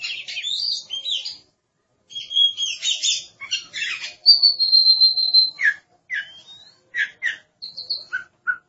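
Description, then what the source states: Oriental magpie-robin song in separate bursts: jumbled chirps, a sustained high whistle, then short rising and falling whistled notes with brief pauses. Kacer song.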